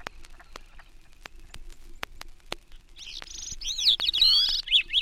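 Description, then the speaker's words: Gray-cheeked Thrush giving a high, wavering, slurred song phrase in the second half; sharp clicking ticks recur throughout. Calls and then sings from dwarf spruces at timberline near Hudson Bay. "Gray-cheeked thrush calls and then sings from the dwarf spruces at timberline near Hudson Bay. A Wilson snipe is heard in the background."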